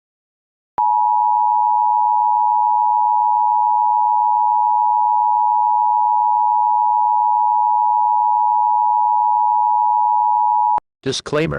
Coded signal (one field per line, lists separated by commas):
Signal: Emergency Alert System (SAME) tones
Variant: 853 and 960 Hz attention tone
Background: speech